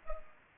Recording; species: mosquito wingbeat signal from an infrared sensor; Culex pipiens